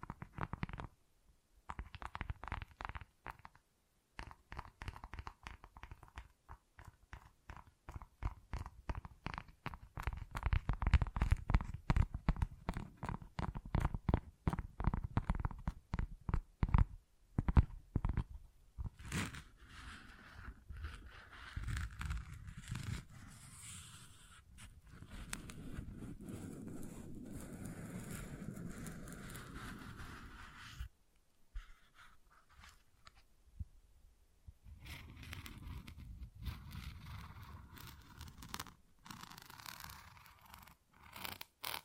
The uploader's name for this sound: Tingly Textures Tapping and Scratching